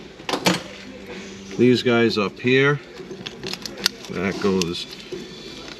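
A retaining clip or bracket is being pushed onto the front strut of a car, a Camry fitted with RAV 4 struts, after the strut bolts have been tightened. Someone talks while short, sharp ticks and light clatter sound between about 3.3 and 3.9 s. Nothing has seated or clicked yet.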